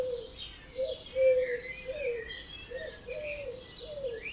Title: Birds Oberhofen Inntal Austria - 4am - binaural version